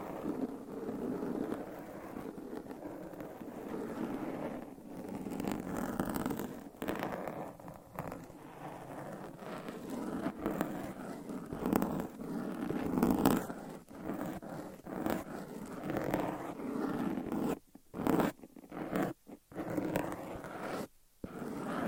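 Scratching with nails over mic covers fills the recording with dense, continuous rasping and rubbing, loudest in the low-middle range with bright scratchy edges. The texture shifts often in pressure and pace, and after about seventeen seconds it breaks into short bursts separated by brief silences.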